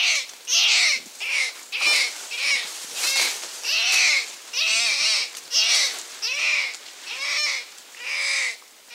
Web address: Natures Songs S America Primates of the Rainforest Muriqui monkey